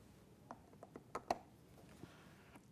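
An external bacteria filter is lined up notch to notch on a VOCSN V+Pro ventilator's outlet port and twisted to the right until it locks. A few light ticks come first, then two sharp clicks at 1.1 and 1.3 seconds as the filter locks into place.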